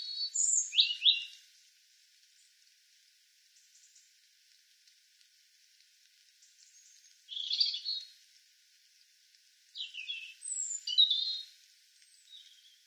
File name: Erithacus rubecula